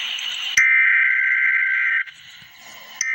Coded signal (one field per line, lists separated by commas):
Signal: Emergency Alert System (SAME) tones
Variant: header bursts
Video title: Emergency Alert System - Winter Storm Warning - This morning on Jan 18, 2024